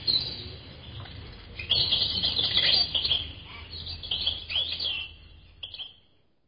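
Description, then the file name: Bird giving high, thin chirps and twitters, quiet at first, then a dense burst of rapid chattering notes through the middle that fades toward the end. "uccelli birds"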